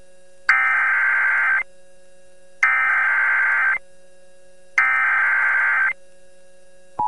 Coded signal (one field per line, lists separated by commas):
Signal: Emergency Alert System (SAME) tones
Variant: header bursts